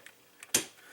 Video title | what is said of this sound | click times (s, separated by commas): ToyWorld TW-C06 Concrete | it kind of locks into place you hear it lock into place and then you take this | 0.5 s